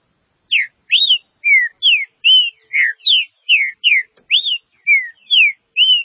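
Green-winged saltator delivering a string of clear whistled slurs, about two a second.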